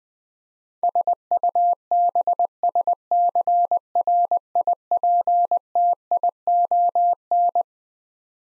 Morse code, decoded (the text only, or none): SUBSCRIPTION